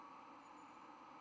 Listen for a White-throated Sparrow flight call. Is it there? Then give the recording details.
no. No flight call is heard. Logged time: 23:01 on 5 November 2014